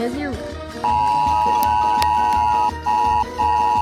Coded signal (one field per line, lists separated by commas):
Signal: Emergency Alert System (SAME) tones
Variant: 853 and 960 Hz attention tone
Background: speech, music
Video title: EAS alarm tier list :D